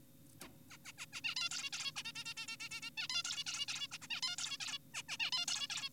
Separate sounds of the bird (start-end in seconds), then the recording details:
0.41-0.48, 0.70-0.77, 0.85-0.92, 0.98-1.06, 1.13-1.21, 1.24-1.35, 1.36-1.49, 1.51-1.70, 1.73-1.92, 1.96-2.03, 2.05-2.12, 2.16-2.24, 2.26-2.34, 2.37-2.47, 2.48-2.57, 2.60-2.69, 2.71-2.81, 2.82-2.90, 2.98-3.08, 3.10-3.23, 3.25-3.44, 3.47-3.66, 3.68-3.88, 3.92-3.98, 4.02-4.07, 4.10-4.21, 4.23-4.36, 4.38-4.57, 4.60-4.78, 4.94-5.03, 5.09-5.17, 5.20-5.31, 5.32-5.46, 5.48-5.68, 5.70-5.89. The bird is an adult. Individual g4p5U